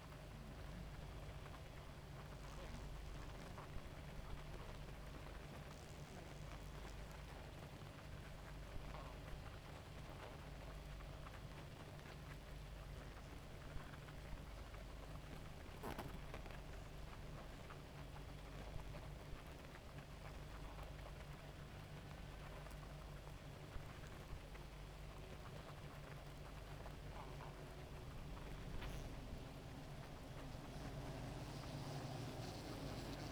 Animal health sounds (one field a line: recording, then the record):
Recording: honeybee colony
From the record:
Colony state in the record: active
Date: 28 July 2017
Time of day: 2:49